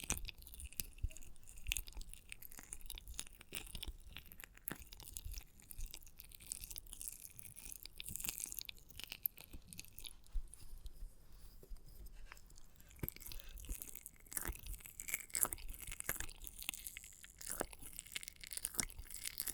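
Experimental triggers in test tubes: dense, irregular crackling and crunching clicks with bright hissing swells, continuous throughout with sharper bursts scattered across.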